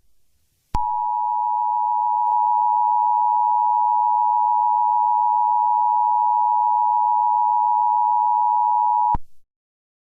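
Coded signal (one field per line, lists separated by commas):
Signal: Emergency Alert System (SAME) tones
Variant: 853 and 960 Hz attention tone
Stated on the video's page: Fictional EAS scenario.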